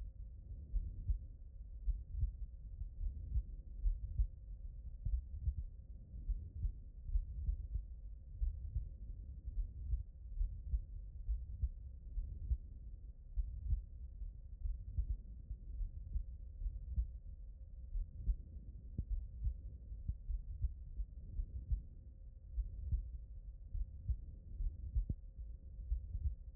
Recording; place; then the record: heart sounds by stethoscope; aortic valve (AV)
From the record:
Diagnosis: non-HFrEF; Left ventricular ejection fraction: 69%